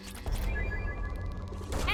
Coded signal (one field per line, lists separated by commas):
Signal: none